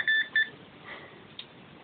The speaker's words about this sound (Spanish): Tal y como has hecho ahora, un pitido, sí. Dos pitidos, no.